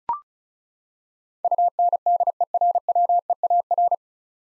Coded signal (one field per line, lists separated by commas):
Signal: Morse code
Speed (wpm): 36 wpm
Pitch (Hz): 700 Hz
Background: none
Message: UNDERWEAR